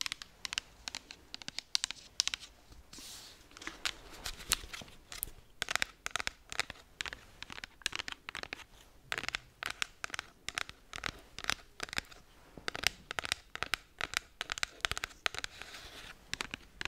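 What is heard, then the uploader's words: Slow tapping, with short sharp taps that come in loose clusters rather than a steady beat, plus dry crinkly, papery rustles between them. Each tap is crisp and bright. The sounds continue for the whole stretch. ASMR Slow Tapping. In dieser Folge tappe ich auf mehr als 10 unterschiedlichen Gegenständen.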